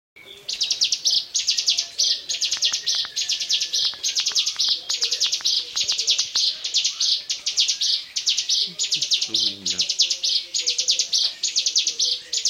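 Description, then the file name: Bar-winged prinia song, a nonstop run of high buzzy trilled phrases, each about half a second, with brief gaps between; faint clicks and low sounds beneath. "ciblekmonster"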